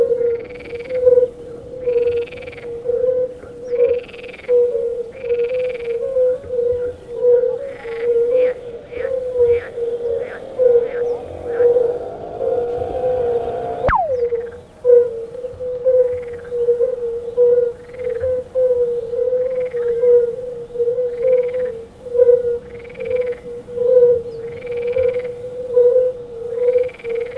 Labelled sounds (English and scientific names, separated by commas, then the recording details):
Fire-Bellied Toad (Bombina bombina) call
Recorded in the wild
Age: adult
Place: Grieben, Brandenburg, DE
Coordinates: 52.8611, 13.1972
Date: 1963-06-13 19:30
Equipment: R 20, Vollspur, Transistorverstärker
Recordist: Tembrock, Günter